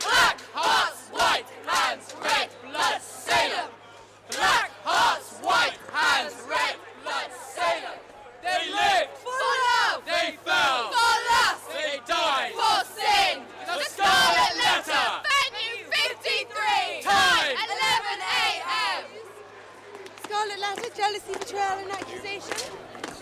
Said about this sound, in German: Also es ist schon beeindruckend, so ein bisschen wie die Rote Armee, die hier durchmarschiert. Die sind alle rot angezogen und stampfen auf den Boden und die Touristen haben sich so ein bisschen jetzt erschrocken.